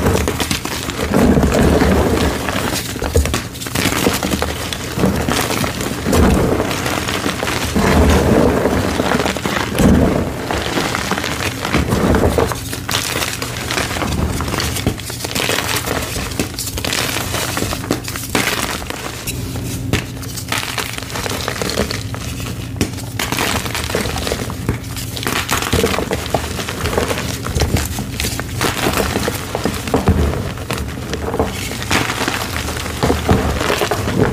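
Crispy black iron oxide gym chalk being crumbled, giving a dense, steady stream of dry crackling and crunching across the whole clip. Sharper bursts of crunching stand out every second or two over a constant low rumble, with no pauses.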